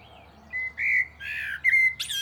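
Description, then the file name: Common blackbird song: steady whistled notes and a warbled burst, finishing with a sharp, high squeaky flourish. "Turdus merula"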